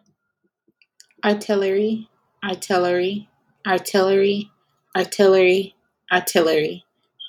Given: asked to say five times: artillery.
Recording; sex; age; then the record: repeated word; female; 20 to 29 years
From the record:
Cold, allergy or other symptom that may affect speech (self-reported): no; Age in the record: 22 years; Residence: Texas, United States